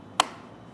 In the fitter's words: until it clicks into place.